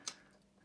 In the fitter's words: They just snap right in.